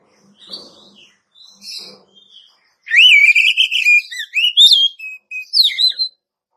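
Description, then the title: Oriental magpie-robin: a few soft, scratchy notes first, then one loud whistled phrase with a sustained tone followed by looping, rising and falling slurs. "Kacer"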